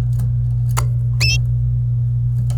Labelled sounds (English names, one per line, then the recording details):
Domestic Canary song
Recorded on 25 April 2018 at 14:00
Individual llb3